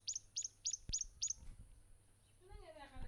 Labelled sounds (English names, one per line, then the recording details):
Tawny-flanked Prinia
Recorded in northern Uganda